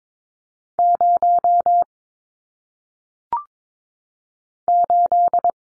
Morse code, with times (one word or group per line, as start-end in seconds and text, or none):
0.8-1.8 0
4.7-5.5 8